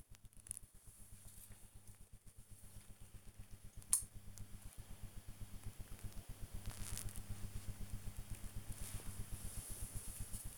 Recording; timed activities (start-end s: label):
household activities, microphone on the right wrist
0.00-10.58 s: dusting model cars